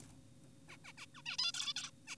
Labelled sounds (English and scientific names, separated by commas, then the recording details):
Zebra Finch (Taeniopygia guttata)
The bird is an adult
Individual g4p5U